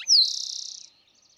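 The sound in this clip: Eastern towhee song caught just after its start, a down-sliding whistle flowing into a rapid, buzzy trill that stops abruptly.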